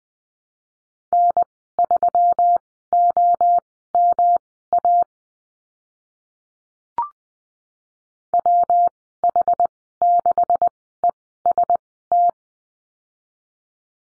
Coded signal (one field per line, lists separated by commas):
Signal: Morse code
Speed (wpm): 20 wpm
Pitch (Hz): 700 Hz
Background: none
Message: N3OMA WH6EST